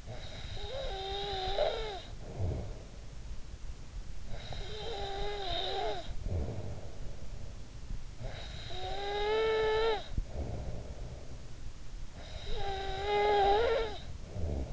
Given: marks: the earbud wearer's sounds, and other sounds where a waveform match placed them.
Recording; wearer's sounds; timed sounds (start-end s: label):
sounds in sleep by an in-ear microphone; snoring breath
0.00-14.73 s: snoring breath